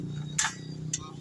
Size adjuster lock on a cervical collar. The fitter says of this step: Then, pag click na, ibig sabihin nag-lock na yan.